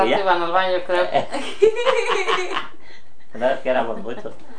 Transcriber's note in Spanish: risas